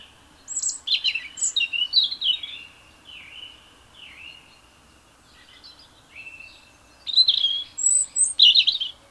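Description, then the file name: European robin, a run of high whistled phrases, some sliding down in pitch, then louder phrases near the end, a faint steady hum behind. "Erithacus rubecula"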